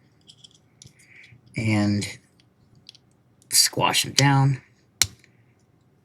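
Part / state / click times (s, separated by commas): plastic arm parts into the figure's body / seated / 5.0 s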